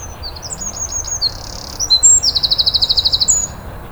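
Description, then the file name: Eurasian wren song: quick high twittering notes lead into an emphatic rapid trill, then a final thin note. "Troglodytes troglodytes"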